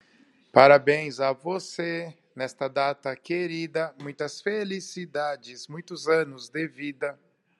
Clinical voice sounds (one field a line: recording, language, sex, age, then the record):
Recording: short text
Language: Brazilian Portuguese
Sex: male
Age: 40 to 49 years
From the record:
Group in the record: control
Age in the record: 40 years